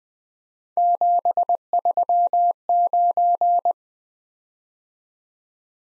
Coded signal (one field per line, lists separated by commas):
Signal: Morse code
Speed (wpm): 21 wpm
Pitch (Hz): 700 Hz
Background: none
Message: 739